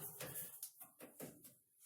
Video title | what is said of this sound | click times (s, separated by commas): Replace Belt on Samsung Dryer Model#DV45H7000EW/A2 | It's locked into place. | 0.6 s